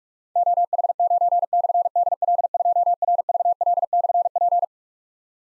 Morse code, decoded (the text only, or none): OH9/DL2RVL/P